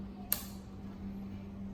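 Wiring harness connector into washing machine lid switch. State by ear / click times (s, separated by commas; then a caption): seated / 0.3 s. A wiring harness connector is pushed onto the lid switch of a Kenmore/Whirlpool/Roper washing machine that will not spin. It snaps into place with one sharp click at 0.3 s, over a steady low hum. The connector is seated.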